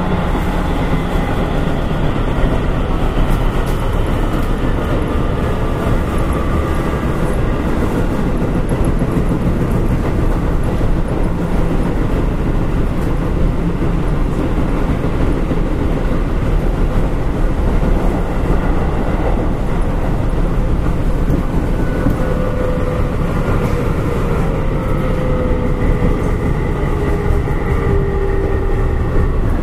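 Running noise aboard a Keihan Electric Railway 5000 series train on the Keihan main line. A dense, steady low rumble holds at constant loudness throughout, with faint tonal whines drifting in and out, including a falling tone around twenty-three seconds.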